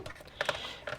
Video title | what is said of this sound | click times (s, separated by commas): Skeletron Roboskull MK II SE Review | And that thing pops on. Ooh, look at that. Nice little click. There you go. | 0.4 s